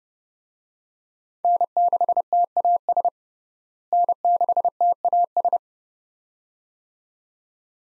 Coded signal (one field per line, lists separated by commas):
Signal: Morse code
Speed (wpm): 32 wpm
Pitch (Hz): 700 Hz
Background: none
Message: N6TAS N6TAS